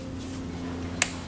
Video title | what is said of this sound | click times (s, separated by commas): SUBARU how to replace spark plug wires | here you heard that click right and I can nicely route it in these holders | 1.0 s